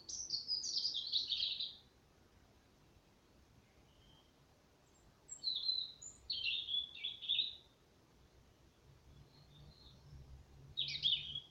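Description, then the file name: European robin song: bursts of high, tinkling warbles separated by pauses, a soft isolated note between them, and a faint low hum in the background. "Erithacus rubecula"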